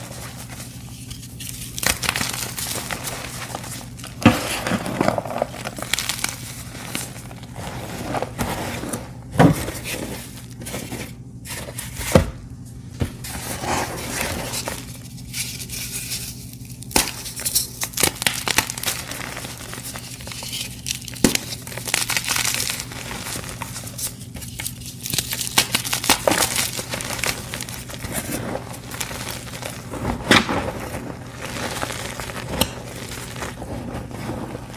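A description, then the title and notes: Crisp, flaky dyed chalk is crushed and crumbled, giving a dense run of crackling, crinkly snaps with sharper breaks scattered throughout. The crunching comes in uneven bursts with brief pauses, over a steady low hum. Crispy Flaky Dyed Gym Chalk Collection Chalk Crushing ASMR. A collection of some of my favorite crispy flaky dyed gym chalk asmr crushing collection.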